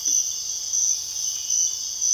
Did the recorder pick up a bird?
no